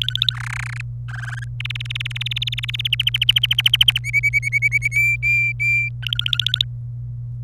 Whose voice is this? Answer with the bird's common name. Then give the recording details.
Domestic Canary. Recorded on 27 April 2018 at 15:28. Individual llb3